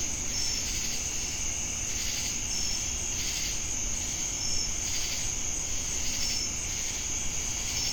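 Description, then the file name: Cricket chorus: a steady high continuous trill with short clear chirps recurring about every two seconds, over swelling pulsed insect buzz and low rumbling background noise. Recorded with cicadas in Jamestown, North Carolina, on 10 August 2018. "Crickets And Sacadas Jamestown NC August-10-2018"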